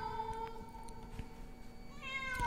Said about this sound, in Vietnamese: Như chứng minh suy nghĩ của Diệu, một con mèo đen từ đâu nhảy tới trước mặt. Sau đó nó nhìn chằm chằm vào Diệu mà kêu lên những tiếng thê lương.